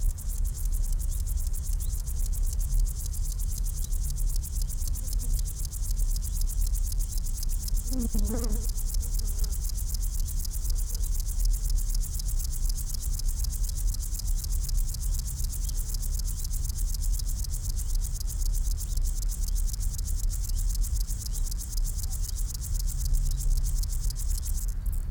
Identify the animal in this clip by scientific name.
Chorthippus apricarius